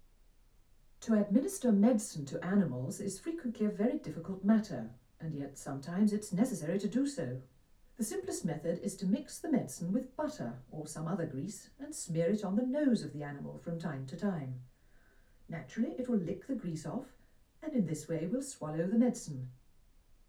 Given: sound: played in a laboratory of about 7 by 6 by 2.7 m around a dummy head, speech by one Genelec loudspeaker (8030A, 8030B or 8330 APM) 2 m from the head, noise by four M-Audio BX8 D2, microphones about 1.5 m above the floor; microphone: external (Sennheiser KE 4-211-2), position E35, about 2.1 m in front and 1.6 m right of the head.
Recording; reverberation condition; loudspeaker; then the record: female speech in English; low; 150 degrees to the right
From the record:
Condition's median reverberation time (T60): about 310 ms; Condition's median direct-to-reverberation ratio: about 3.5 dB